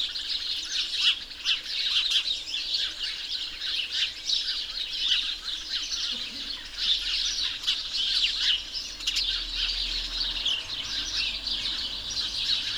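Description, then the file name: House sparrow calls: a dense, continuous chorus of chirps and squabbling chatter from many birds, with no pauses throughout. "Passer domesticus"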